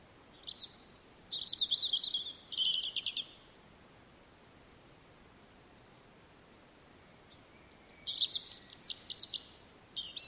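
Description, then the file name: European robin song: two thin, high-pitched phrases, each opening with sharp whistled notes before tumbling into rapid trilled warbling, separated by about four seconds of quiet. "rodhake"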